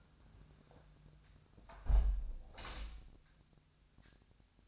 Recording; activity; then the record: daily activity, microphone in the room; close window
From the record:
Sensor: 2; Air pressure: 1006.4 hPa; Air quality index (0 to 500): 198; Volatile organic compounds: 13 ppm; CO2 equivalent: 2426 ppm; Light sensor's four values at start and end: 9/21/9/9 and 8/21/8/9